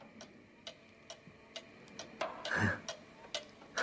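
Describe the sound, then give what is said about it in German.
An old cuckoo clock ticks steadily, about two crisp, faint clicks per second, with a brief louder rustle or murmur briefly breaking in partway through. “Ja, sie tickt. Sie tickt noch immer.”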